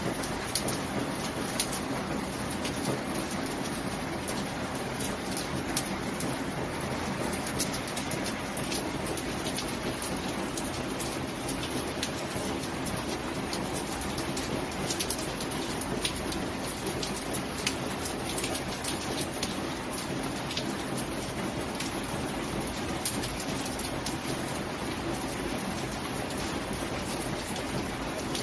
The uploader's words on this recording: Relaxing Soft Rain Sounds Healing white noise. The gentle and soothing sounds of soft rain. As the raindrops softly cascade down, their gentle patter creates a rhythmic melody.